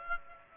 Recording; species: mosquito wingbeat signal from an infrared sensor; Aedes aegypti